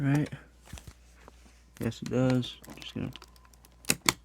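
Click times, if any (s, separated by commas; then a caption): 3.9 s, 4.1 s. A DDR4 memory module is pushed down into a motherboard DIMM slot until its plastic retention clips snap shut, while someone talks and a few faint ticks are heard. Two sharp, loud clicks land at 3.9 s and 4.1 s, and the module is confirmed seated in the slot.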